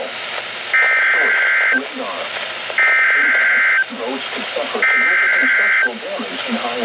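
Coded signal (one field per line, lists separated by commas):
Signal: Emergency Alert System (SAME) tones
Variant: header bursts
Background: speech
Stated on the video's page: Severe weather alerts received on NOAA Weather Radio.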